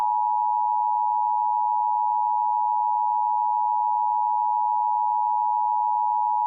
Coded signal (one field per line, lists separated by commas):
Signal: Emergency Alert System (SAME) tones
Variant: 853 and 960 Hz attention tone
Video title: Severe Thunderstorm Warning (EAS #122) 2025/06/28